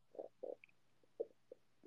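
An adult woman's stomach rumbling: about six short, bubbling gurgles come in quick, irregular bursts over two seconds, mid-pitched and fairly quiet, over a faint steady hum. These are ordinary stomach rumbles (borborygmi): gas and fluid moving through the gut, a normal digestive sound.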